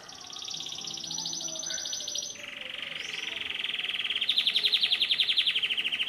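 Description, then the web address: Canary song: a fast high trill drops abruptly to a lower rolling trill that swells louder and climbs slightly toward the end. "Golchin Best Canari Seda Canari. Niyaz Music)"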